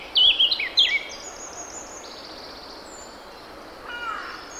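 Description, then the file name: Eurasian blackcap song, one short bright warbled phrase near the start, then quiet apart from a faint lower note later. "Sylvia atricapilla"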